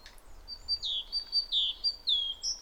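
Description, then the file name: Great tit calls: a quick run of high notes, level ones alternating with lower downward-sliding ones. "Parus major"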